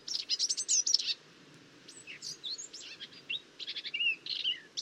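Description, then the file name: Eurasian blackcap song: rapid high chattering notes, a short gap, then a varied warble with whistled notes. "Sylvia atricapilla"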